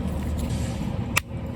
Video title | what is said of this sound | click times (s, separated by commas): I Was Told It Only Needs A Spark Plug #doesnotrun #blowssmoke #mtd #lawnmower | there we go nice audible click | 1.2 s